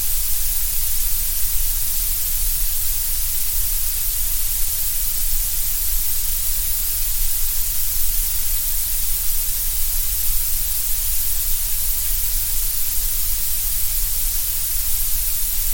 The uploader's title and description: Violet and Gray Noise Fusion. Gray noise emerges as a steady, uniform whirl, akin to the wind inside a tunnel